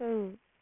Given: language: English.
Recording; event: throat vibration sensor signal played as sound; speech